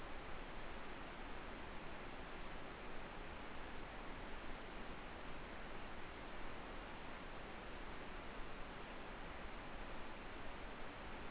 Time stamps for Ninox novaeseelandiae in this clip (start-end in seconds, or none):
none